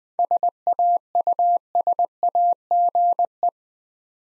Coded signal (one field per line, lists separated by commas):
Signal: Morse code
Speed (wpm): 20 wpm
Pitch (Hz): 700 Hz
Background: none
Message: SAUSAGE